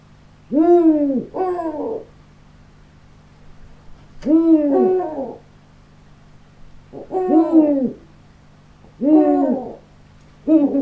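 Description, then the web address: Eurasian eagle-owl giving harmonic, arching calls that rise then fall, in several bursts a few seconds apart, with a steady low hum behind. "uhu video flocke-u-toshi"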